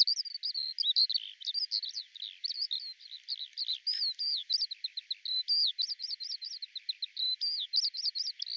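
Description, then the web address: Eurasian skylark delivering a long, fast, high warbling song of twittering chirps and short repeated figures without break. "cianscape birddata Deverinetal 2025 Bird Al Ar"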